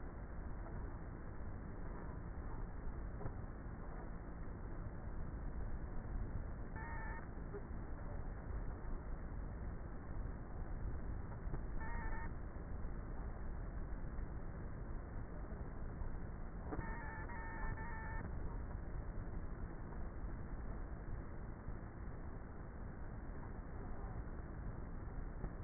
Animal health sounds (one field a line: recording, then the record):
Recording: honeybee colony, microphone inside the hive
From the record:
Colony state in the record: queenless with a low population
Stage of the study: before two queens were removed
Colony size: about 30,000 bees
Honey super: no